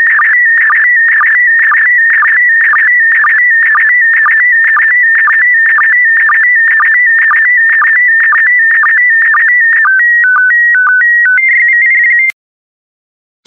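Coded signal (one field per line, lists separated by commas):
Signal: SSTV (slow-scan television)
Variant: PD120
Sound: warbling tone scanning lines with regular low blips, then steady stepped header tones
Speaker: get ready starting transmission in 5 4 3 2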